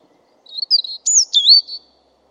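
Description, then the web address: European robin song phrase: a few thin high notes, then sweeping whistles that leap up and slide down, all very high-pitched and clear against silence. "Deverinetal 2025"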